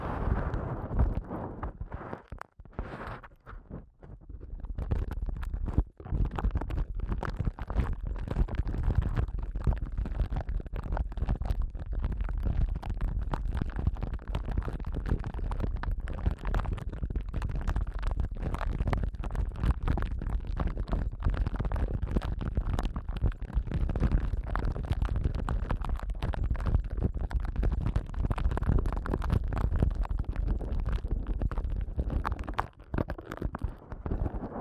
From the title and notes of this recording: ASMR Sensitive Eardrum Massage for People Who Can’t Tingle (No Talking).